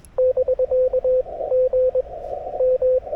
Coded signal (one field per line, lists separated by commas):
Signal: Morse code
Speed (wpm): 21 wpm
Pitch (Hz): 500 Hz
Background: radio noise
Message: <BK> GM